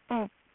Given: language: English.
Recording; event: throat vibration sensor signal played as sound; speech